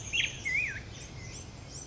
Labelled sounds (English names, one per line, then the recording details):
Black-headed Grosbeak
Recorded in Sonoma County, California